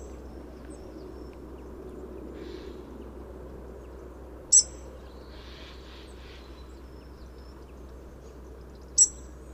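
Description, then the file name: European robin giving two sharp, very high ticking calls about four and a half seconds apart, over a low, steady background hum. "Erithacus rubecula"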